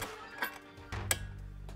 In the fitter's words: make sure it clicks into place there and screw the head back on